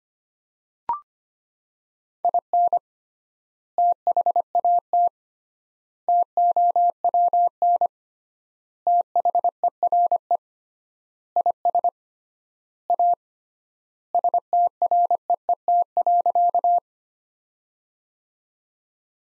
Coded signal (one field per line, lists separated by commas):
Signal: Morse code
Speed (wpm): 25 wpm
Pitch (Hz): 700 Hz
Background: none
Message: IN THAT TOWN THERE IS A STREET.